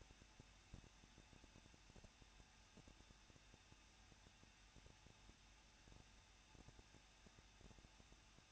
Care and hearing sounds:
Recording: daily activity, microphone in the room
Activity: no activity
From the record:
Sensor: 2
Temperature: 21.0 degrees Celsius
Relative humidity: 37.5%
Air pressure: 1006.3 hPa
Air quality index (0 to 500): 223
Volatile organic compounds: 25 ppm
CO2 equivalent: 2830 ppm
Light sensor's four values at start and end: 2/3/2/2 and 2/3/2/2

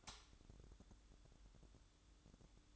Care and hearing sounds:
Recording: daily activity, microphone in the room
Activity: light on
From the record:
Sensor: 3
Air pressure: 1007.9 hPa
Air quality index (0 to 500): 89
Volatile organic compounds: 1 ppm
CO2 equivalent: 753 ppm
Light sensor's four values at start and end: 11/26/11/11 and 18/49/21/19

